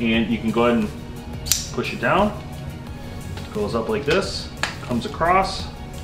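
Someone talks while handling the cocking handle of a TenPoint VAPOR RS470 crossbow, pushing it down, then swinging it up and across toward the crossbow stock. Light handling noises sound under the talking, with a brief sharp sound near 3.4 seconds. The handle has not yet locked into the stock, and nothing has seated or clicked.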